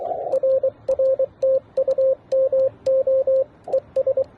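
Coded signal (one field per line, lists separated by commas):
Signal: Morse code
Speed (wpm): 23 wpm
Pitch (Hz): 530 Hz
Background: radio noise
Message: RR TU MO ES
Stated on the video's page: Morse code contacts during a Parks On The Air activation at a national historic park.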